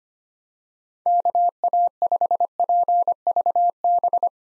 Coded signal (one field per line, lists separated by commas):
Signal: Morse code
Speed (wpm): 25 wpm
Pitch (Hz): 700 Hz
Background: none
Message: KA5PVB